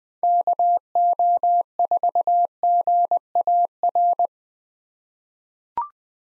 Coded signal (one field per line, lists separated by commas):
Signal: Morse code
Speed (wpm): 20 wpm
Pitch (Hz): 700 Hz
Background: none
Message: KO4GAR